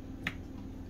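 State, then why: Seated. A Samsung 1 TB NVMe SSD is inserted at an angle into the M.2 slot of a Clevo N850EP gaming laptop. A single short, bright pop at 0.3 s stands out over a steady low hum as the drive seats in place. It then rests at an angle, ready to be held down and screwed in.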